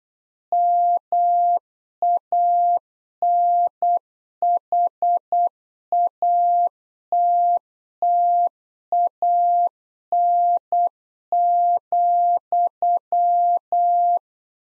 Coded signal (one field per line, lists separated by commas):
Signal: Morse code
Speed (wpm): 8 wpm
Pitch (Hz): 700 Hz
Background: none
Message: MANHATTAN,